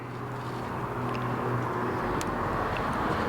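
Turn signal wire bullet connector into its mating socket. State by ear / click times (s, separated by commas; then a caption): not seated / none. A small weather-sealed bullet connector on the wiring of a Koso smoked LED turn signal kit for a 2023-2024 Vespa GTS 300 HPE2 is held and lined up with its mating socket before being pushed in. Only a steady, low rumbling background noise is heard, growing slightly louder. Nothing has seated or clicked yet.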